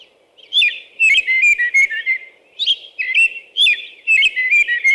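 American robin caroling: loud, rich whistled phrases delivered in quick succession, with a low background hum.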